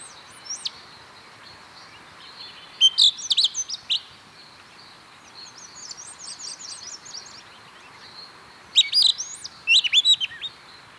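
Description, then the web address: Pale-eyed thrush giving a few short bursts of varied high, sharp notes at intervals. Recorded in Ecuador. "Birds of Ecuador. Pale-eyed Thrush"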